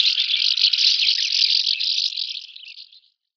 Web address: Schulze Peter House Martin colony